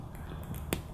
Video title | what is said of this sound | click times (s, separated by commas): Cách bấm đầu Cat6 2 mãnh - How to terminate a two piece high performance cat6 connector | there it snapped make sort of a snap and it's ready to go | 0.7 s